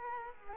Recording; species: mosquito wingbeat signal from an infrared sensor; Culex quinquefasciatus